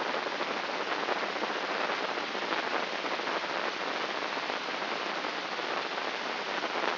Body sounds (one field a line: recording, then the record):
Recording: brain microelectrode recording played as sound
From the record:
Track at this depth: outside the subthalamic nucleus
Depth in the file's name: 7.029 mm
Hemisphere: left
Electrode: 3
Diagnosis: Parkinson's disease